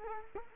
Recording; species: mosquito wingbeat signal from an infrared sensor; Culex quinquefasciatus